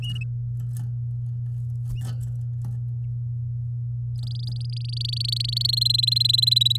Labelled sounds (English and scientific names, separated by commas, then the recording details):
Domestic Canary (Serinus canaria) song
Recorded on 8 May 2018 at 10:44
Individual llb16